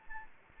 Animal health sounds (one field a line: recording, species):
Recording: mosquito wingbeat signal from an infrared sensor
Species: Anopheles gambiae